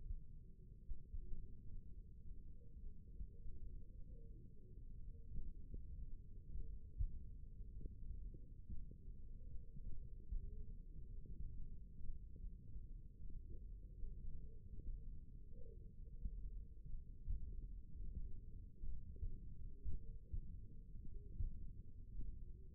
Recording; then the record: forearm muscle sounds (acoustic myography)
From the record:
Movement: finger pinch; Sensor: system 1, eight BSWA MPA416 microphones around the upper forearm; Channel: 1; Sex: female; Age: 21 years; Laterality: right